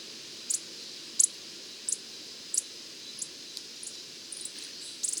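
Coppery-headed emerald uttering sparse, sharp, very high chips spaced irregularly, with a few quicker notes near the end, over faint steady hiss.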